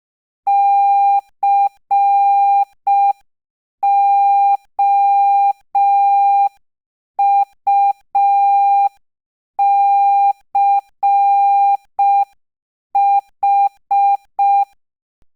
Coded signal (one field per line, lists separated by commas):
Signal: Morse code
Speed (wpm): 5 wpm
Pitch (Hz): 800 Hz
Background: none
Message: COUCH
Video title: #3 Morse Code Practice 5 WpM